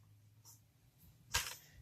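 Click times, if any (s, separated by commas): 1.4 s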